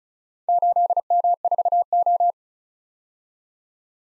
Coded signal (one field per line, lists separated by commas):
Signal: Morse code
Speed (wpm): 36 wpm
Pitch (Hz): 700 Hz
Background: none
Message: 8M4O